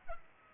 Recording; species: mosquito wingbeat signal from an infrared sensor; Culex pipiens